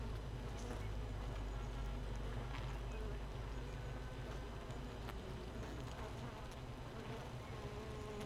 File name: Hive 1 31 05 2018 NO Queen Bee H 1 audio 15 30 00